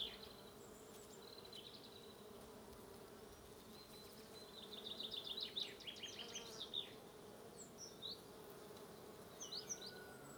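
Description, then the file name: Bees keep up an even drone; a bird trills a fast chirping phrase in the middle, with scattered high notes around it. "buzzing bees"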